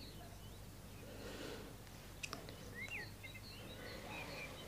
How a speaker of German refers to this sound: Die Vögel singen schon.